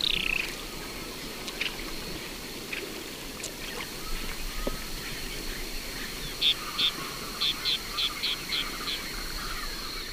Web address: Natures Songs S America Eastern Lowlands. Progne tapera, flight calls